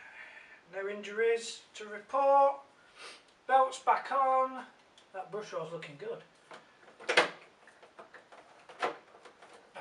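Someone talks while the plastic brush roll assembly of a 1994 Hoover TurboPower 1 U2806 upright vacuum cleaner is pushed back into its base after the belt is refitted. A loud, sharp snap sounds at 7.2 s, followed by a few fainter knocks. The brush roll is seated back in the base.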